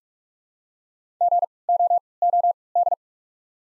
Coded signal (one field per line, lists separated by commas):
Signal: Morse code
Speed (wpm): 45 wpm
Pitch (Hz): 700 Hz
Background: none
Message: GOOD